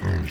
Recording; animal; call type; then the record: contact call of a hoofed animal; wild boar; grunt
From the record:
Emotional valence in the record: positive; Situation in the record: food anticipation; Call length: 0.31 s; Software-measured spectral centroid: 2250 Hz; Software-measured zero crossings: 1380 a second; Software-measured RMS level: -24 dBFS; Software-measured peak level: -14 dBFS